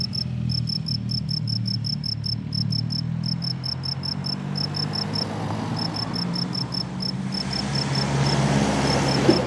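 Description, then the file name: Cricket chirping: rapid bursts of high pure pulses repeated steadily, with a low hum and droning background noise. "grillon"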